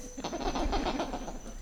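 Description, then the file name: Black lemur alarm call: a quick run of rough, pulsed grunts repeated several times a second over low rumbling background noise. Response to a raptor at Ambato. "Emacaco Resp Raptor PB Ambato"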